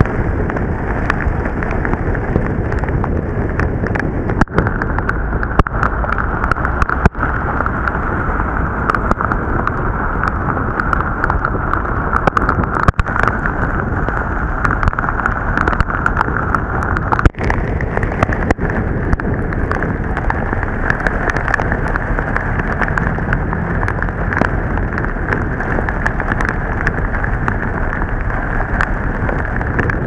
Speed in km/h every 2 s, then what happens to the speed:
13, 14, 16, 16, 16, 15, 15, 15, 14, 12, 13, 14, 14, 14, 14.
0-30 steady at about 14.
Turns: none.